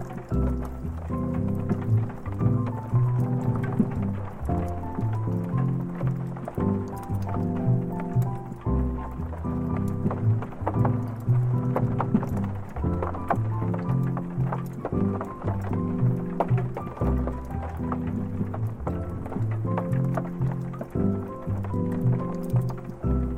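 Mellow jazz piano plays steadily in warm low and middle notes, with frequent soft crackling ticks from a fireplace throughout.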